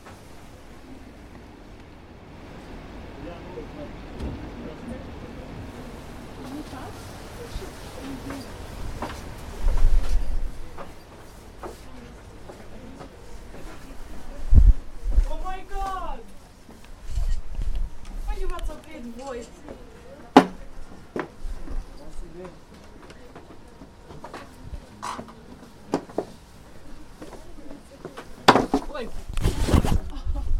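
A walk through Prague from the Castle toward Charles Bridge, with steady crowd chatter and voices passing throughout. Sharp clacks and footsteps break in now and then, strongest around 10, 15, 20 and 28 seconds, over a low continuous murmur.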